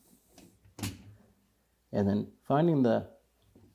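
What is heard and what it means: A new plastic lower spray arm (Whirlpool part W10837249) is set down onto the wash tower of a Whirlpool dishwasher, making a brief, soft knock and handling noise in the first second. Someone then talks. Nothing has clicked or locked into place yet, because the locking mechanism has not been rotated.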